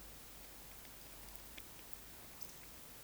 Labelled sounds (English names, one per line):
Eurasian Woodcock whistle
Eurasian Woodcock croak